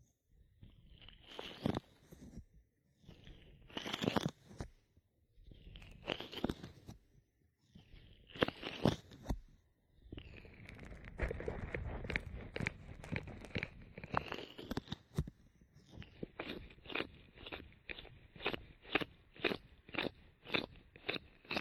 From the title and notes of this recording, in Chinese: 按摩耳朵。